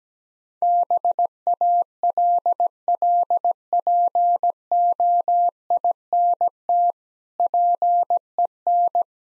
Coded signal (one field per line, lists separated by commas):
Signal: Morse code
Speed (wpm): 18 wpm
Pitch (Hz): 700 Hz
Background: none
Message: BALLPOINT PEN